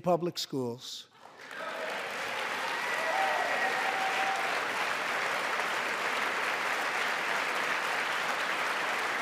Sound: applause

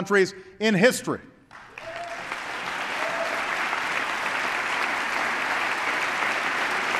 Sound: applause

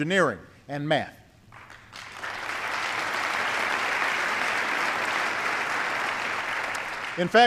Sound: applause

